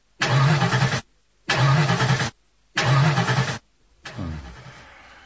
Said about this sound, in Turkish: Allah. Evet. Motor tekliyor. Ne oldu ki acaba? Hayda. Motor durdu. Arıza mı yaptı araba? Herhalde. Dur bakayım. Çalıştırmaya deneyeyim.